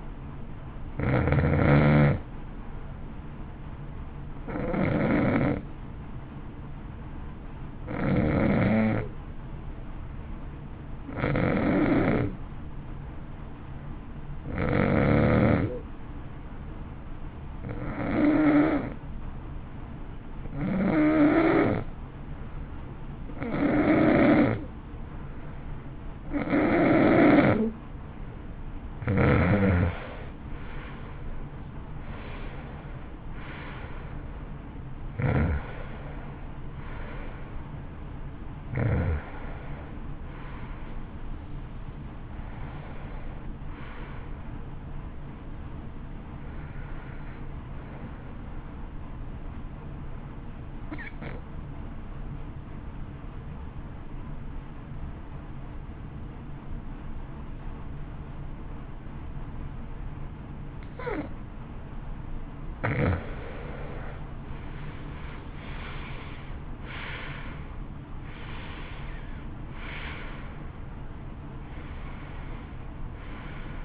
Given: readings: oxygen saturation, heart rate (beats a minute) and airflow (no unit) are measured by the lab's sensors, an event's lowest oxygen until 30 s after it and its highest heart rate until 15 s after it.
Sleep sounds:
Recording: breathing in sleep by a smartphone at the bedside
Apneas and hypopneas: 2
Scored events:
7.00-29.00 s: hypopnea (N2, oxygen 94% highest, then 88% lowest, heart rate 52 at the start, 66 highest)
7.00-37.00 s: new sleep stage, N2 (light sleep)
37.00-73.84 s: new sleep stage, N1 (lightest sleep)
49.00-64.40 s: hypopnea (N1, oxygen 95% highest, then 86% lowest, heart rate 59 at the start, 70 highest)
From the record:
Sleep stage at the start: N1 (lightest sleep)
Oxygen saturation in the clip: 81 to 95%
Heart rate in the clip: 52 to 70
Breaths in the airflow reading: 19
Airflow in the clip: -18.1 to 18.9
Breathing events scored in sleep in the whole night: 328 in 6.3 hours asleep

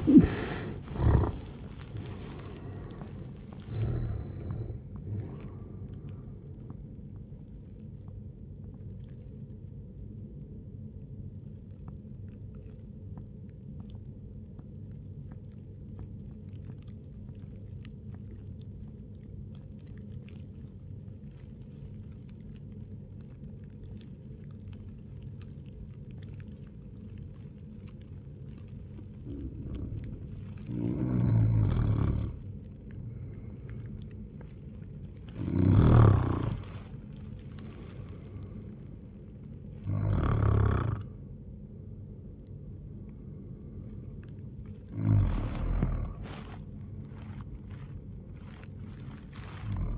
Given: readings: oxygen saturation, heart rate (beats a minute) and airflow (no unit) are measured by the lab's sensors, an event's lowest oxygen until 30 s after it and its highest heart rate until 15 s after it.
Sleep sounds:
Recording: breathing in sleep by a smartphone at the bedside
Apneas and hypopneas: 1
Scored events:
13.00-29.80 s: obstructive apnea (N1, oxygen 88% highest, then 88% lowest, heart rate 109 at the start, 109 highest)
From the record:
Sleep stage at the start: N1 (lightest sleep)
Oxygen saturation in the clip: 74 to 96%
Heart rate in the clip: 78 to 112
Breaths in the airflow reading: 9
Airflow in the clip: -18.9 to 15.8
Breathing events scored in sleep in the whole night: 131 in 7.2 hours asleep

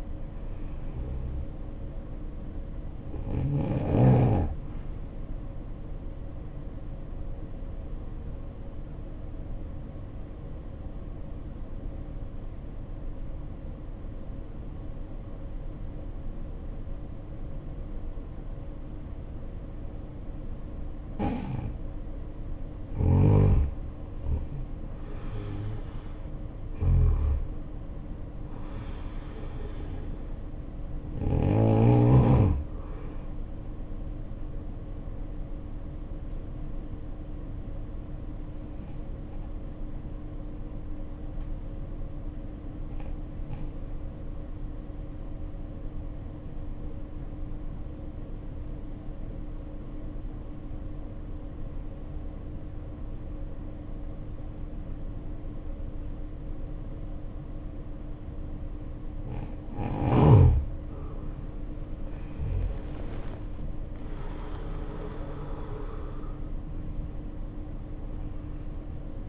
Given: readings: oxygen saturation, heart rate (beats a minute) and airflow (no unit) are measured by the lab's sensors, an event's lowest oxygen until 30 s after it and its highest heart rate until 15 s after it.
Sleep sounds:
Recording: breathing in sleep by a smartphone at the bedside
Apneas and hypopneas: 2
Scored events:
7.00-24.40 s: obstructive apnea (N2, oxygen 96% highest, then 81% lowest, heart rate 61 at the start, 73 highest)
23.00-69.29 s: new sleep stage, N1 (lightest sleep)
42.00-59.80 s: obstructive apnea (N1, oxygen 94% highest, then 75% lowest, heart rate 54 at the start, 81 highest)
From the record:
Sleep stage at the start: N2 (light sleep)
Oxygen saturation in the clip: 81 to 96%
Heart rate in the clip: 54 to 78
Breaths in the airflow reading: 8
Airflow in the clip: -6.4 to 9.6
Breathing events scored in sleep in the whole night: 520 in 7.2 hours asleep

